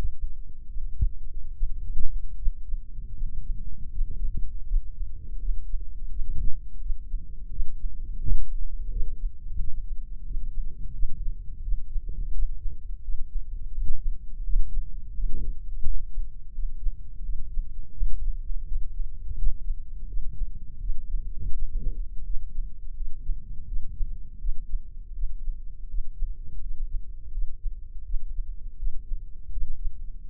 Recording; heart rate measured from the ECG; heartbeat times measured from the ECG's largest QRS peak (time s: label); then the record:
heart sounds by microphone in the left ear; 83 bpm
0.69 s: heartbeat
1.54 s: heartbeat
2.37 s: heartbeat
3.14 s: heartbeat
3.92 s: heartbeat
4.66 s: heartbeat
5.40 s: heartbeat
6.10 s: heartbeat
6.81 s: heartbeat
7.51 s: heartbeat
8.21 s: heartbeat
8.91 s: heartbeat
9.58 s: heartbeat
10.25 s: heartbeat
10.93 s: heartbeat
11.62 s: heartbeat
12.33 s: heartbeat
13.03 s: heartbeat
13.73 s: heartbeat
14.43 s: heartbeat
15.14 s: heartbeat
15.84 s: heartbeat
16.53 s: heartbeat
17.23 s: heartbeat
17.94 s: heartbeat
18.66 s: heartbeat
19.37 s: heartbeat
20.08 s: heartbeat
20.80 s: heartbeat
21.52 s: heartbeat
22.24 s: heartbeat
22.95 s: heartbeat
23.66 s: heartbeat
24.39 s: heartbeat
25.14 s: heartbeat
25.88 s: heartbeat
26.60 s: heartbeat
27.32 s: heartbeat
28.04 s: heartbeat
28.77 s: heartbeat
29.51 s: heartbeat
30.25 s: heartbeat
From the record:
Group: healthy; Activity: rest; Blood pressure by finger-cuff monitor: 91/63 mmHg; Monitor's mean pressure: 73 mmHg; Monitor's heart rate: 84 bpm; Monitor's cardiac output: 7.7 L/min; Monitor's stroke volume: 92 mL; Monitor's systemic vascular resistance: 680 dyn s/cm5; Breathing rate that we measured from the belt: 18 breaths a minute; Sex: male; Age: 57 years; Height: 188 cm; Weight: 106 kg